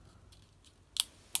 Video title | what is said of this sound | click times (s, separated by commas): My Favorite EDC Knives: Out of MANY, The 20 I Go Back To Regularly - Spyderco, Bendhmade, ZT, CRKT | so you roll this roller on the end till it pops there's the click | 1.3 s